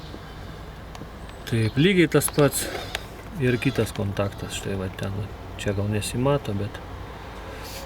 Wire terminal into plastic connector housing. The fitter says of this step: įspaudžiam į plastmasė labai gerai užsifiksuoja ir viskas